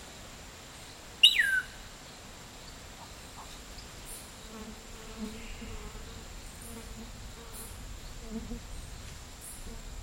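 Midday ambience in a dry forest: a thin, steady high insect whine hangs over a soft hiss. Just after one second, a sharp bird call sweeps quickly downward. From about four seconds on, a low, wavering buzz like a passing bee or fly comes and goes.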